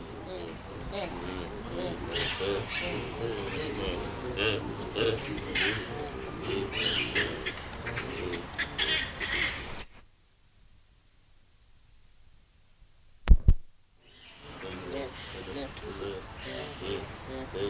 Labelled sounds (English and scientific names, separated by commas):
Hamadryas Baboon (Papio hamadryas) call